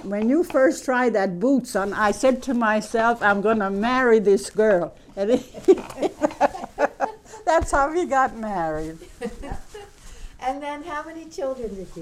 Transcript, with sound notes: When you first tried those boots on I said to myself, "I'm going to marry this girl." ( she laughs ) That's how we got married.
And then how many children did you have?